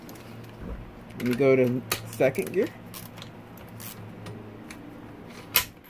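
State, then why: Seated. A Yamaha YZ125 motorcycle transmission (2022–2025) is shifted back past neutral into second gear while the countershaft is turned by hand, with faint mechanical rattles as the shift drum and gear dogs move and someone talks. At 5.6 s a single sharp, loud metallic click rings out as second gear engages and seats.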